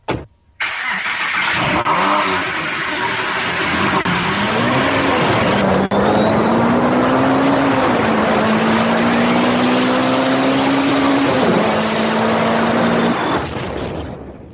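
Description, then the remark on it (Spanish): A car engine cranks and catches, then settles into a loud, steady rumble whose pitch slowly rises and dips as it revs, running continuously for over ten seconds before cutting off. “Arranca el coche, que no da esto, ¿eh?”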